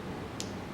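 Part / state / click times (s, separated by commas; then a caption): clip or terminal pressed down onto the board / seated / 0.4 s. A clip or terminal on the wiring board for an ROV's motor connections is pressed down, with glue getting in the way a little. Over a steady background hum, a single short, sharp click sounds at 0.4 s as the part clicks into place on both sides, and it is seated.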